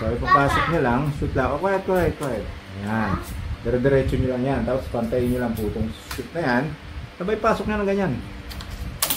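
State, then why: Seated. A door knob half is lined up and its shaft pushed straight through the latch into the opposite knob assembly while someone talks. A single sharp click at 9.0 s shows the knob half has snapped and locked into place.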